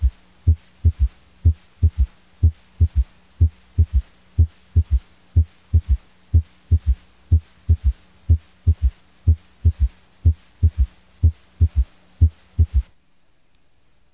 Abnormal S3. The left ventricle becomes less compliant with age, causing a slowed left ventricular isovolumic relaxation and reducing the blood flow velocity into the ventricle. Audible S3 after age 40 is referred to as a ventricular gallop or a gallop rhythm. S1, S2, S3, in a patient over age 40.